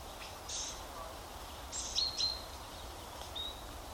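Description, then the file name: Common chaffinch calls: a single clear pair of brief high notes near the middle, then a fainter note, over soft chirps and constant outdoor noise. "Fringilla coelebs"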